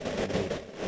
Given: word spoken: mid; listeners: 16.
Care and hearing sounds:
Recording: one English word in noise, from a listening test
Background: noise modulated by three-talker babble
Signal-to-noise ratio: -6.7 dB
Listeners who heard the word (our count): 1 of 16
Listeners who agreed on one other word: 7 of 16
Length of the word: 0.48 s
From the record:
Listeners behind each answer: 7, 1, 1, 1, 1, 1, 1, 1, 1, 1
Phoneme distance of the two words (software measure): 20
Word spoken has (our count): 1 syllable, 3 phonemes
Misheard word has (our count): 1 syllable, 3 phonemes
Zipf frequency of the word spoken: 4.61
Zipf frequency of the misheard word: 4.78

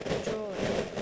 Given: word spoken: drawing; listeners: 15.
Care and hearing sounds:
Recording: one English word in noise, from a listening test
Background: noise modulated by three-talker babble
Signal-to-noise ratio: -6.3 dB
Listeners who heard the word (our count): 1 of 15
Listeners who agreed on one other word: 8 of 15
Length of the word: 0.62 s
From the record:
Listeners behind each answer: 8, 3, 1, 1, 1, 1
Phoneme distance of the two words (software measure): 14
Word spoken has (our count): 2 syllables, 5 phonemes, stress on syllable 1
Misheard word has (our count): 1 syllable, 3 phonemes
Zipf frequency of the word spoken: 4.47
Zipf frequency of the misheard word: 3.98

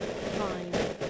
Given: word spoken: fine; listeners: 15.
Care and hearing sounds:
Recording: one English word in noise, from a listening test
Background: noise modulated by three-talker babble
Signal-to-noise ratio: -6.7 dB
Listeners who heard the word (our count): 2 of 15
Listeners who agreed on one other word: 7 of 15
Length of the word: 0.70 s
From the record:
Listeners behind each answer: 7, 2, 1, 1, 1, 1, 1, 1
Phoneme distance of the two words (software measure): 7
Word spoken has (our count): 1 syllable, 3 phonemes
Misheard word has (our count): 1 syllable, 4 phonemes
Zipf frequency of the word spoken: 5.44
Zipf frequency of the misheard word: 5.89

